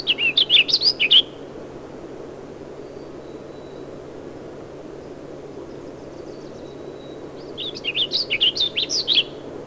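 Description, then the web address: Warbling Vireo song: two fast, rambling warbled phrases, one at the start and one near the end, separated by about six seconds of quiet over a low steady hum. From an LNS course cassette. "bird Species Vireos Warbling Vireo Sounds --LNSCourse Cassette"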